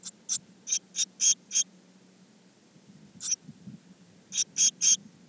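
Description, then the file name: Eurasian blue tit calls, short high buzzy notes in a quick burst of six, then a lone note and a final group of three, over a faint low hum. "Cyanistes caeruleus"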